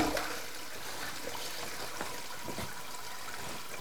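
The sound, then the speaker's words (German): A steady liquid trickle splashing into water, a continuous hissy stream with a few brief louder spurts, running evenly for several seconds with no talking. “Pinkelst du ins Wasser beim Pinkeln? Das weiß ich doch nicht. Hört sich besser an, wenn du nicht ins Wasser pinkelst.”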